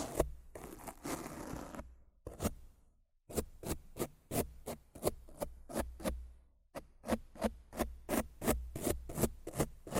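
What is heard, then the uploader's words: Rough scratching and brushing on a mic, opening with two seconds of dense, hissing brushing. After a short silence come sharp, rasping strokes in a steady rhythm, about three a second, pausing briefly near the six-and-a-half-second mark before quickening toward the end. ASMR Rough Mic Scratching & Brushing (No Talking).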